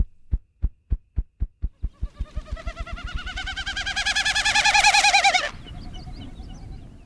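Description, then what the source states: Wilson's snipe winnowing, a hollow, fluttering hoo-hoo-hoo that swells louder for about three seconds and stops abruptly, following a run of low thumps that speed up. Non-vocal sound made with the wings and tail.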